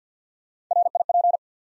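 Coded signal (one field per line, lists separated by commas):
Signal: Morse code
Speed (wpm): 50 wpm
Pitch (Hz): 700 Hz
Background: none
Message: RIP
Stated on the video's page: Morse practice at 50 wpm: 3-letter words built one letter at a time for instant character recognition.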